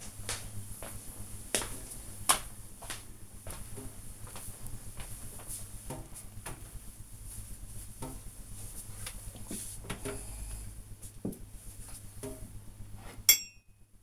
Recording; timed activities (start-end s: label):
household activities, microphone on the right wrist
none